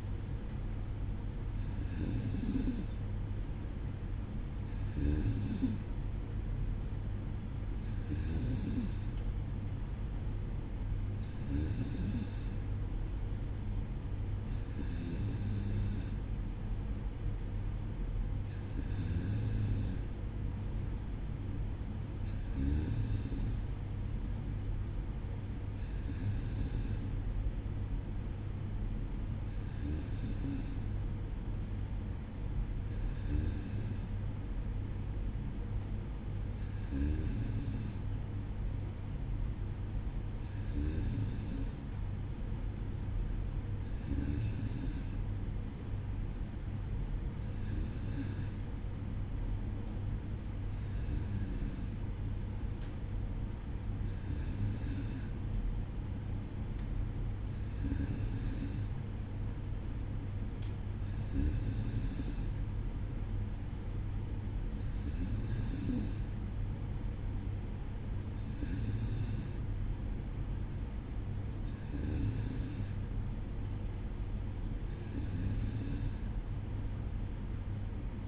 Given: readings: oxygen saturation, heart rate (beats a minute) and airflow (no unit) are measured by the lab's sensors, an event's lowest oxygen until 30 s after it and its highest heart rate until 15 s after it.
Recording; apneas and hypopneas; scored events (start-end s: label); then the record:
breathing in sleep by a smartphone at the bedside; none
none scored
From the record:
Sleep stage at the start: N2 (light sleep); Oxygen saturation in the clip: 94%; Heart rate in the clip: 56 to 59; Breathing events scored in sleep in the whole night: 305 in 9.6 hours asleep